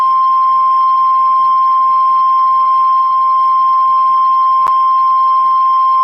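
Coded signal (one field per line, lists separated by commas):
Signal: Emergency Alert System (SAME) tones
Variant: 1050 Hz attention tone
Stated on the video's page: Required Weekly Test on NOAA Weather Radio station.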